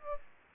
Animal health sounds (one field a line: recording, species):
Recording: mosquito wingbeat signal from an infrared sensor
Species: Aedes aegypti